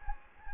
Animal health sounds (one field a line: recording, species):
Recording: mosquito wingbeat signal from an infrared sensor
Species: Anopheles gambiae